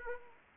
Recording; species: mosquito wingbeat signal from an infrared sensor; Anopheles arabiensis